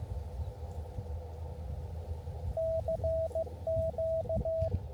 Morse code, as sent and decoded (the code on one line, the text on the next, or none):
-.-. --.-
CQ